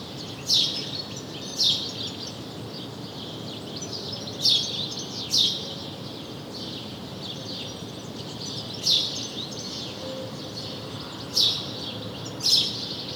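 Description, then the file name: House sparrow chirps: short, bright notes, often in pairs a second apart, then gaps of several seconds, over a steady outdoor hiss. "Passer domesticus"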